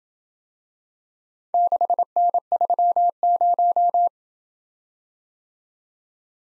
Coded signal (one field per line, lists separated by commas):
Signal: Morse code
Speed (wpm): 26 wpm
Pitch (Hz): 700 Hz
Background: none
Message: 6N30